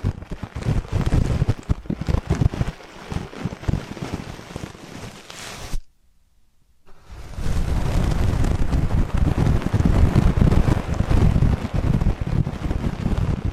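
Ear cleaning sounds: dense, rough scratching and rustling with low thumps, cutting to near silence around six seconds before resuming louder and steady.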